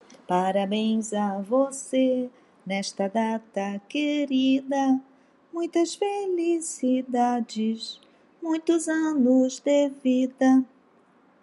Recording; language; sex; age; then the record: short text; Brazilian Portuguese; female; 60 to 69 years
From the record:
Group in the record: control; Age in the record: 61 years